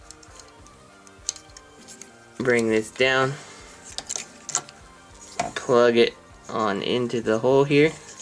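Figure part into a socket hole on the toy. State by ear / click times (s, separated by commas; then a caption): not seated / none. A part of a Transformers Masterpiece MP-14 Alert (Red Alert) plastic robot figure is brought down and plugged into a socket hole on the toy during transformation, with light handling ticks while someone talks over music. Nothing has seated or clicked yet; the clip ends just before the part goes home.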